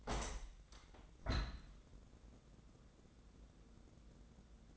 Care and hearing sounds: daily activity, microphone in the room; open window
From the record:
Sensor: 3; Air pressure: 1012.3 hPa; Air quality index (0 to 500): 138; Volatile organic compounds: 2 ppm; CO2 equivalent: 1069 ppm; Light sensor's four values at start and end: 292/712/296/292 and 286/697/291/287

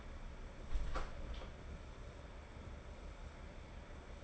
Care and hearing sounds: daily activity, microphone in the room; close door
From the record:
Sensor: 5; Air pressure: 1015.4 hPa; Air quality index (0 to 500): 212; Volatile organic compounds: 11 ppm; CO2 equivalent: 2303 ppm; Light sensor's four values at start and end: 35/80/32/31 and 35/80/32/31

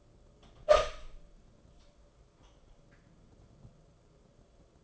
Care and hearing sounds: daily activity, microphone in the room; open door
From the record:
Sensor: 5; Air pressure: 994.4 hPa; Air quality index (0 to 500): 184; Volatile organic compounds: 1000 ppm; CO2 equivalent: 5426 ppm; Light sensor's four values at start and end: 19/47/19/22 and 23/58/24/28

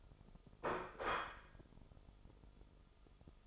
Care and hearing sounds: daily activity, microphone in the room; place plate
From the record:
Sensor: 5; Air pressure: 988.7 hPa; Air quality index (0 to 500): 236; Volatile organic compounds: 198 ppm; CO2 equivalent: 4207 ppm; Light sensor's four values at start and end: 40/124/48/51 and 40/124/48/51

